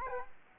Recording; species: mosquito wingbeat signal from an infrared sensor; Culex quinquefasciatus